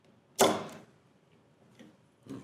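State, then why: Seated. A small metal E-clip is pushed onto the bottom of a fuel tank level probe to hold the slid-on probe foot in place. It gives one sharp snap at 0.4 s that rings down over about half a second, followed by two faint ticks near 1.8 s and 2.3 s. The snap shows the E-clip has seated and the probe foot is installed.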